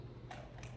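A ridged fitting with two ridges on a floor scrubber assembly is pushed on until it double-clicks home. Two short clicks sound at 0.3 s and 0.6 s over a steady low hum. Both clicks are heard and the part is seated.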